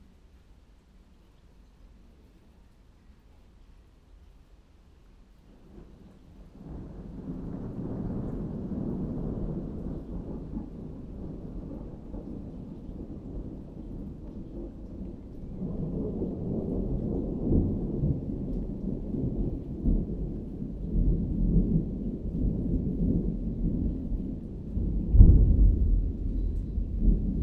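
Deep rolling thunder builds from near silence after about six seconds into a long, low rumble. It swells again from around fifteen seconds, with a sharper crack near twenty-five seconds. Steady rain hisses faintly underneath.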